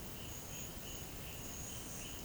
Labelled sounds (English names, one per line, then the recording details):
none
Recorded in pastures near Puerto Asís, Putumayo, Colombia, on 22 June 2025 at 12:00
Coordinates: 0.472, -76.331
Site G095